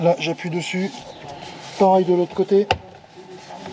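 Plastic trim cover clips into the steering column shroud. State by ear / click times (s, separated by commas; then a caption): not seated / none. On a Tesla Model 3/Y (Ryzen), the plastic trim cover around the steering column is refitted over a newly installed mini screen behind the wheel and pressed down on one side, then the other, while someone talks. A brief sharp tap sounds near 2.7 s amid the speech and handling noise, but nothing has seated or clicked yet.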